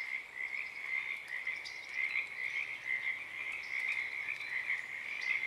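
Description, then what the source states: Pacific tree frogs in a dense, continuous croaking chorus, many overlapping rattling calls blending into a steady wall of sound. Wild chorus starting and stopping, Oaks Bottom Wildlife Refuge, Portland, Oregon, USA, morning of Friday April 7 2023, uncommon at that time of day.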